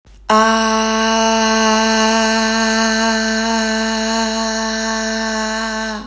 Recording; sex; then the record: sustained vowel /a/; female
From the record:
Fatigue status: fatigue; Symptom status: symptomatic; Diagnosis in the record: COVID-19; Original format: m4a